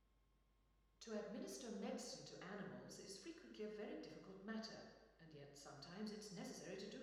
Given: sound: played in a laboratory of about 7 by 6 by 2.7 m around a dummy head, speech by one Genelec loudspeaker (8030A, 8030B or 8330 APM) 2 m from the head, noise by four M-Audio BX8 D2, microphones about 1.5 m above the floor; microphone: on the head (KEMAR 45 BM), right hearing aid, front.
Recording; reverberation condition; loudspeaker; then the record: female speech in English; high; 90 degrees to the right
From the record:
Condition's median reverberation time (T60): about 1300 ms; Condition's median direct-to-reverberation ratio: about -4.0 dB